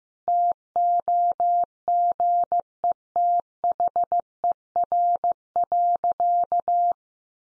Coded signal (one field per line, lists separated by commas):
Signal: Morse code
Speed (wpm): 15 wpm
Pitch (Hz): 700 Hz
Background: none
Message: TOGETHER.